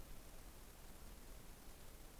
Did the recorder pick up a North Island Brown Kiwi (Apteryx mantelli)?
no